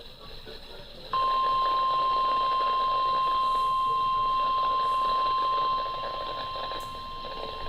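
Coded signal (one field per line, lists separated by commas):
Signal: Emergency Alert System (SAME) tones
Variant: 1050 Hz attention tone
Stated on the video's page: NOAA weather radio Required Weekly Test.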